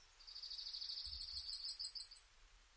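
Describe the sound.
Blackpoll warbler song: a very high, thin series of rapid ticking notes that swells in loudness through the middle, then stops abruptly after about two seconds.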